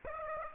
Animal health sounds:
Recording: mosquito wingbeat signal from an infrared sensor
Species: Aedes aegypti

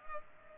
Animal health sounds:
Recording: mosquito wingbeat signal from an infrared sensor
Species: Culex pipiens

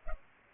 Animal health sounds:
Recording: mosquito wingbeat signal from an infrared sensor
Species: Culex pipiens

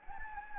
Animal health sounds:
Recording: mosquito wingbeat signal from an infrared sensor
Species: Anopheles gambiae

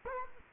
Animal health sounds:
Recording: mosquito wingbeat signal from an infrared sensor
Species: Culex quinquefasciatus

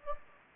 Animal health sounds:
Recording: mosquito wingbeat signal from an infrared sensor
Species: Anopheles gambiae

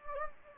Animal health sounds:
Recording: mosquito wingbeat signal from an infrared sensor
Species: Anopheles gambiae

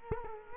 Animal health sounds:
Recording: mosquito wingbeat signal from an infrared sensor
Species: Culex quinquefasciatus

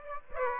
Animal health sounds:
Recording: mosquito wingbeat signal from an infrared sensor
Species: Aedes aegypti

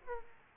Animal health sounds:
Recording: mosquito wingbeat signal from an infrared sensor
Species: Aedes aegypti

